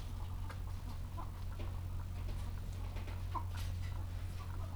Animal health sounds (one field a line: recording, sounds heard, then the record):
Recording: poultry house recording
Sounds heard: sick chickens (respiratory disease)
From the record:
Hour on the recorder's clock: 14